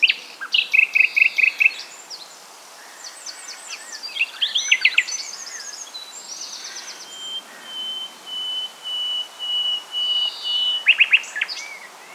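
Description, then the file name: Common nightingale song opening with a quick rattle, then varied chirps, followed by a series of long, pure whistles repeated less than a second apart before a closing trill. "Luscinia megarhynchos"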